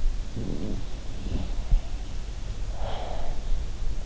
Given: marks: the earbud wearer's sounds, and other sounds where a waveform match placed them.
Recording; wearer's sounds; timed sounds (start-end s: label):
sounds in sleep by an in-ear microphone; breath
0.27-1.70 s: sound from someone else or the room
2.72-3.55 s: breath